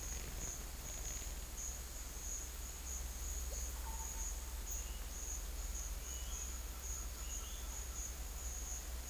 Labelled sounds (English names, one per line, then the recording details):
none
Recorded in pastures near Puerto Asís, Putumayo, Colombia, on 20 December 2024 at 11:30
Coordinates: 0.472, -76.329
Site G072